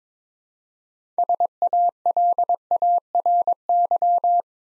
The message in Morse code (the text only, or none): SALARY